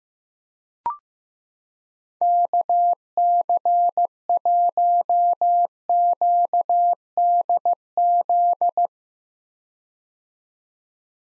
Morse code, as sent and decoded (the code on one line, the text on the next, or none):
-.- -.-. .---- --.- -.. --..
KC1QDZ